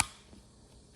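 A plastic part of a Mercedes over-voltage protection (OVP) relay, likely the cover or fuse holder, is pressed onto the plastic relay housing during reassembly. It snaps into place with a single sharp click at 0.0 s, followed by quiet. The part is seated and the relay is good to go.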